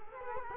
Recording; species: mosquito wingbeat signal from an infrared sensor; Culex quinquefasciatus